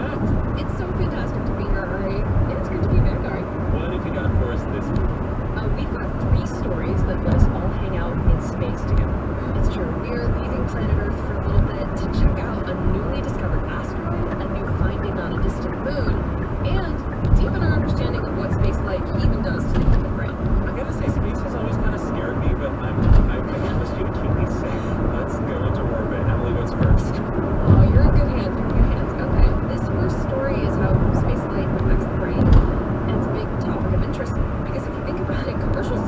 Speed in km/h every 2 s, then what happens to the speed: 97, 100, 100, 100, 100, 100, 100, 101, 101, 101, 101, 101, 103, 105, 105, 106, 105, 105.
0-36 steady at about 101.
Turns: none.